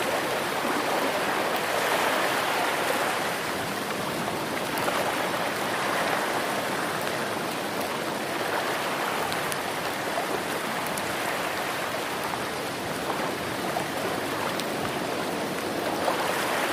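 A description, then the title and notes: A rainstorm pours down in a dense, unbroken hiss that stays level for the whole stretch. The sound is mostly mid to bright, with little low rumble, and faint scattered ticks and taps rise briefly out of the wash without changing its steady character. Rainstorm White Noise.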